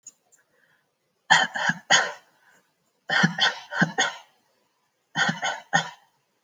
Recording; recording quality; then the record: shallow voluntary cough; excellent, no background noise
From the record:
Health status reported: healthy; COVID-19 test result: negative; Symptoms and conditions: none ticked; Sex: female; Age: 35 years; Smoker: yes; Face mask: not worn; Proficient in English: yes